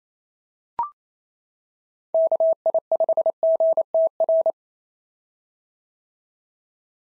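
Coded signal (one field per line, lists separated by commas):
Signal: Morse code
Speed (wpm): 25 wpm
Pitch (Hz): 650 Hz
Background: none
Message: KI5GTR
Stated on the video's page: Morse code drill at 28 wpm of POTA QSO exchanges, each sent in Morse, spoken, then sent again.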